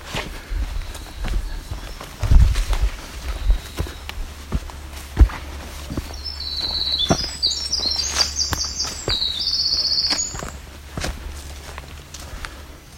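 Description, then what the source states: Winter Wren song: a fast, high tinkling run of trills and chips lasting several seconds midway, over footsteps and low rumbling noise. One of at least five singing males here, at least three at the escarpment edge; Bruce Peninsula, on a difficult trail.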